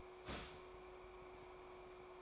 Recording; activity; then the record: daily activity, microphone in the room; start toaster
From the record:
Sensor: 1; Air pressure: 1014.7 hPa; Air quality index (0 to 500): 200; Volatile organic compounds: 34 ppm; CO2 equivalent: 3032 ppm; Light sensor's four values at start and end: 3/8/3/3 and 3/8/3/3